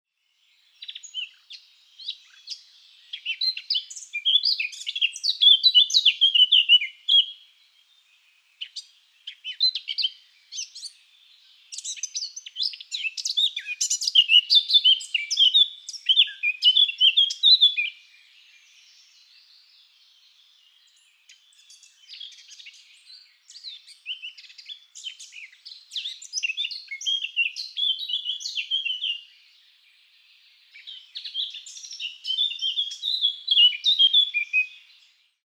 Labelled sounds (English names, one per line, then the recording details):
Eurasian Blackcap
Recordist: Frommolt, Karl-Heinz
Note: Männchen: Gesang